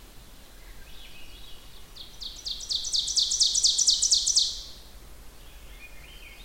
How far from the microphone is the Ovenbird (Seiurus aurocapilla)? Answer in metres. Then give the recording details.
about 30 m. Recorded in boreal forest in Alberta, Canada, on 16 June 2016 at 05:33. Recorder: SongMeter 3, array SBT-3-32. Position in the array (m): 127 m, 25 m. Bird 36